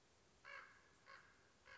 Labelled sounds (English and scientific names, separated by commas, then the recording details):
Common Raven (Corvus corax)
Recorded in Sonoma County, California